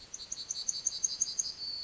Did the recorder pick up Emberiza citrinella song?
yes